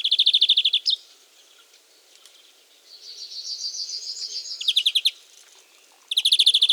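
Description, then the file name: European greenfinch trilling rapidly, then a drawn-out nasal, wheezy buzz in the middle, followed by a short trill burst and a final rapid chatter. "Chloris chloris"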